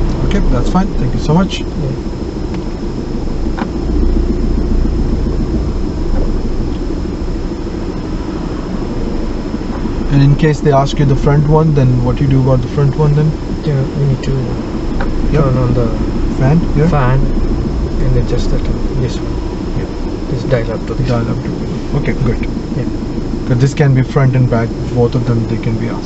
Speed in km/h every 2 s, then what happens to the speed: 5, 5, 6, 3, 3, 5, 3, 5, 6, 3, 0, 2, 0.
0-19 steady at about 5. 19-26 standing.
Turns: none.